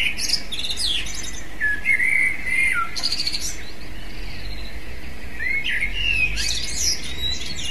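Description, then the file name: Eurasian blackbird singing fluted, warbling phrases around mid pitch, each ending in thin high twittering notes, with short pauses between phrases over a steady low background hiss. "merle"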